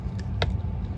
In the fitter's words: so it clicked in there you see that little fork right there this guy here